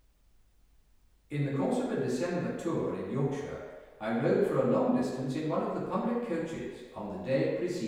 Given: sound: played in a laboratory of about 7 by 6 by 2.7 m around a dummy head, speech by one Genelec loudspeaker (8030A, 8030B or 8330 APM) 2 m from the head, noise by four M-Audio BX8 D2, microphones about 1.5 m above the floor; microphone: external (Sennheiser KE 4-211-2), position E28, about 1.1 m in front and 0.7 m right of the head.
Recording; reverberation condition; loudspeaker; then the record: male speech in English; high; 120 degrees to the left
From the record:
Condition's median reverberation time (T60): about 1300 ms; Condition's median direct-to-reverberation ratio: about -4.0 dB